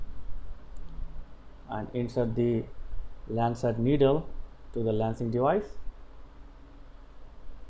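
A lancet needle is handled and lined up at a lancing device before insertion, while someone talks over a quiet background with a faint brief tick near 0.8 s. The lancet has not been pushed home yet, and nothing has seated or clicked.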